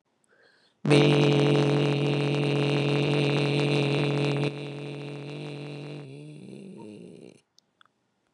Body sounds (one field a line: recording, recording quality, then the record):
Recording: sustained vowel as in made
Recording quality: excellent, no background noise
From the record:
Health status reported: healthy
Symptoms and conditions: none ticked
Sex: male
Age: 50 years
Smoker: not ticked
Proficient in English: yes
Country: United States